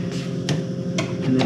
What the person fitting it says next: it just snaps into place.